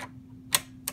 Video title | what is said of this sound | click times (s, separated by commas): Cleaning and oiling your Bernina Machine with jumbo bobbins | and for super lucky like that it will snap right it and you know right away | 0.9 s